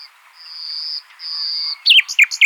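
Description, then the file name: Common nightingale song: two long, steady high whistles followed by a burst of sharp, loud, varied notes. "Luscinia megarhynchos"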